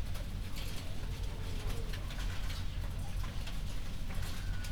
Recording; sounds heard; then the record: poultry house recording; healthy chickens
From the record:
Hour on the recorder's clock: 21